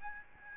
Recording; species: mosquito wingbeat signal from an infrared sensor; Aedes albopictus